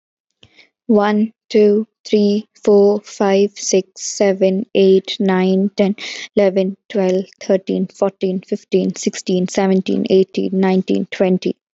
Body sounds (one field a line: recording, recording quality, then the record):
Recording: counting at a fast pace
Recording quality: excellent, no background noise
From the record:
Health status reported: healthy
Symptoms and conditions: none ticked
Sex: female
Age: 21 years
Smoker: not ticked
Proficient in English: yes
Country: India